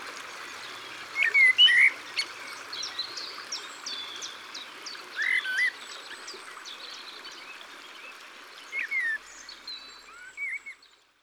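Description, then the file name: Common blackbird song, a few short warbled phrases at intervals, over steady running water with thin high chirps from other birds. Singing beside the water. "Merle noir Au bord de leau"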